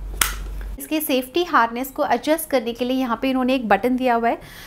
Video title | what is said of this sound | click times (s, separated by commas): Best Car Seat for baby - LUVLAP Active Car Seat ISOFIX - - Installation and Review | आपको बस इस point को अंदर की तरफ कनेक्ट करना है कनेक्ट करने के टाइम पे एक क्लिक का साउंड आएगा मतलब ये अच्छी तरीके से फिट हो गया इसके | 0.2 s